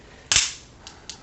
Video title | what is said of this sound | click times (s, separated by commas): 2019 Honda Civic key fob battery replacement | It will click into place | 0.3 s